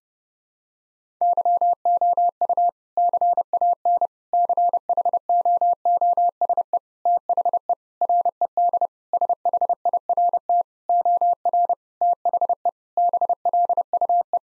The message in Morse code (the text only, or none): YOU CAN CHOOSE THE RED SHIRT OR THE BLUE